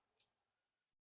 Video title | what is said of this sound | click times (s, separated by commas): How to Replace the Taillight Assembly on a 2015-2020 Yukon XL Denali | then we push that locking tab in. We know we're good there. | 0.2 s